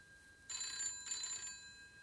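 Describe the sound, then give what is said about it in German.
An old telephone bell rings in two bursts of rapid, bright metallic trilling, each lasting about half a second, separated by a brief gap, then fading out. “Es war das Telefon.”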